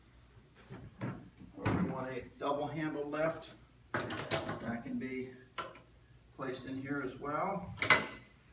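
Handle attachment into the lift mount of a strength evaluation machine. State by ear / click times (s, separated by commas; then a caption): not seated / none. A double handle attachment is being handled at the lift mount of a BTE EvalTech strength-testing machine while someone talks, with brief handling knocks near 1.0 s and 1.7 s. The attachment has not yet seated or clicked into place.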